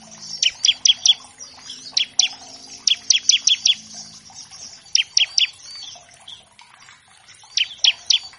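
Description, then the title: Bar-winged Prinia song, quick groups of a few piercing high chips separated by short pauses, soft twittering in the background. Loud, chatty ciblek used as a master track to train captive songbirds of all kinds and prompt them to start singing quickly. "Masteran Ciblek Gacor Vs Kenari Gacor Untuk Masteran Semua Jenis Burung. Pancingan Ciblek bahan agar cepat bunyi. Burung Ciblek"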